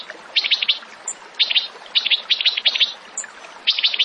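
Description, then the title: Bird chatter: bursts of quick, scratchy mid-high notes in short clusters, separated by brief pauses, with an occasional thin high chip. Masteran training recording used to teach captive songbirds; tembakan song style; gacor, a bird singing vigorously. "Masteran Burung Tembakan Gacor"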